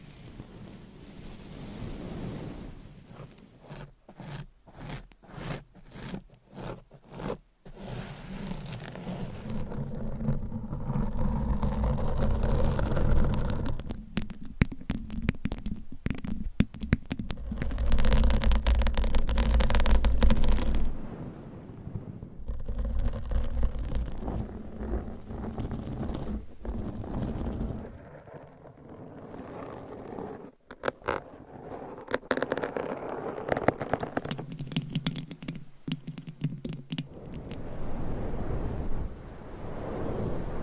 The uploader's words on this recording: Changing Triggers Every SecondScratching , Tapping , Massage & More No Talking.